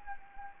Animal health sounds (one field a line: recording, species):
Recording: mosquito wingbeat signal from an infrared sensor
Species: Anopheles gambiae